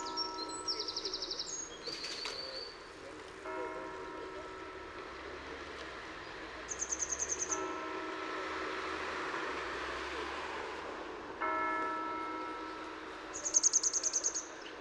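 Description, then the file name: Grey wagtail gives scattered short bursts of high, sharp notes, the last one loudest, amid urban noise and steady humming tones. In Utrecht. "Grote gele kwikstaart in Utrecht - Sound Cloud - luc de bruijn"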